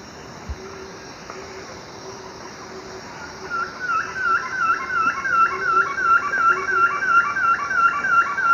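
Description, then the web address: Undulated antshrike song: after a few quiet seconds, a rhythmic run of hooting notes begins, about three per second, holding even pitch and growing slightly louder. Recorded in the eastern lowlands of South America. "Natures Songs S America Eastern Lowlands. Frederickena unduligera, song"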